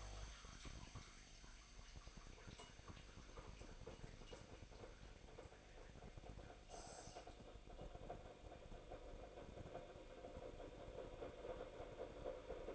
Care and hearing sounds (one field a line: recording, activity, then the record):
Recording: daily activity, microphone in the room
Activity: make coffee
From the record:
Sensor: 5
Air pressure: 1007.5 hPa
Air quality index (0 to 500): 115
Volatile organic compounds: 1 ppm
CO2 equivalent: 881 ppm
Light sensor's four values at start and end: 27/62/25/26 and 26/61/25/25